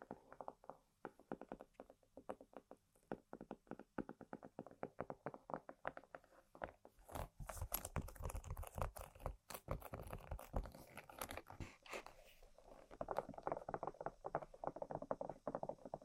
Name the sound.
ASMR Tapping & Scratching On Random Objects